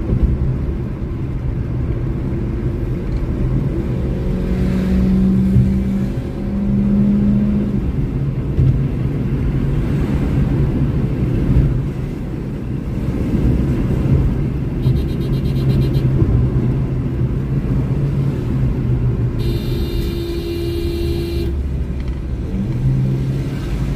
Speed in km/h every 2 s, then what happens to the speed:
83, 89, 97, 103, 107, 112, 116, 105, 104, 72, 60, 69.
0-12 speeds up to 116. 12-19 brakes to 60. 21-24 speeds up to 69.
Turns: none.